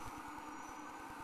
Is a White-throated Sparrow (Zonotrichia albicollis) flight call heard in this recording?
no